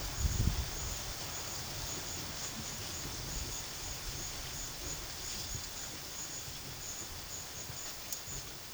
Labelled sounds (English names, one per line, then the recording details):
none
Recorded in pastures near Puerto Asís, Putumayo, Colombia, on 8 March 2025 at 14:00
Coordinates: 0.487, -76.322
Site G077